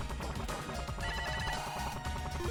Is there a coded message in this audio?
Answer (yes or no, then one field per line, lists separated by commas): no